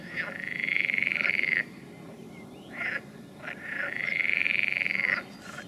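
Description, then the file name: Frog giving long, high trilled calls, each a rapid run of pulses lasting over a second, with short bursts between them. "Ni Gi D - Nature Recordings - Frogs"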